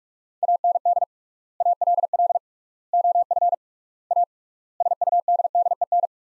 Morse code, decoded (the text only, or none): AND ALL OF A SUDDEN